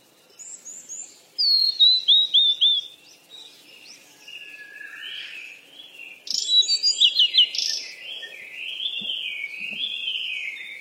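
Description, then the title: Bird chirping in two loud bursts of quick, high, repeated notes, with softer chattering and warbling between them and continuing to the end. "鸟儿喳喳"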